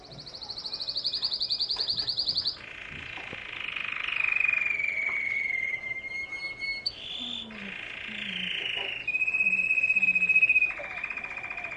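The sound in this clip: Canary song: a run of high buzzy trills, then rolling tours of rapid repeated notes and a long sliding whistle, each phrase changing abruptly to the next, with soft low chirps beneath.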